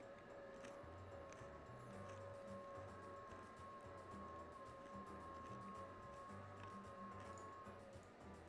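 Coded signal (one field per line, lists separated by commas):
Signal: FT8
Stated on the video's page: FT8 signal using an Alpha Antenna FMJ attached to an iron fence as the antenna.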